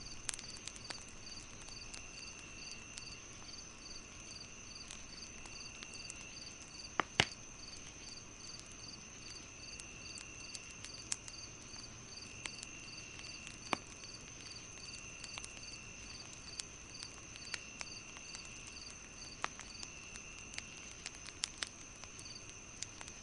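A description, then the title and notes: A crackling fire pops with sharp, scattered snaps every second or two, the loudest near seven seconds and again around twenty-one. Behind it, night insects keep up a steady high chirring, one of them pulsing in a fast, even rhythm. Crackling Fire & Night Sounds. The comforting crackle of a warm fireplace.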